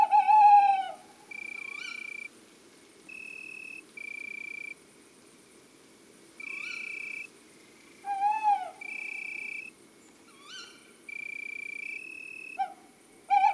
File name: Chouette hulotte male Chants doiseaux des bois et des forets